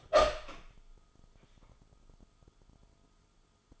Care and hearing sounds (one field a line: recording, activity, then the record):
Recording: daily activity, microphone in the room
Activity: open door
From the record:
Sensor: 5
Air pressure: 1005.1 hPa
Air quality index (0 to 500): 84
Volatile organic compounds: 2 ppm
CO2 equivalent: 1011 ppm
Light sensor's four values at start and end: 35/81/33/32 and 35/81/33/31